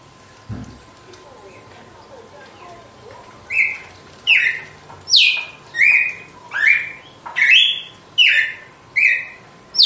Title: Canto Galo Campina Fêmea 02. GALO DE CAMPINA, AÇOITE PURO, FORTE, LIMPO E COMPASSADO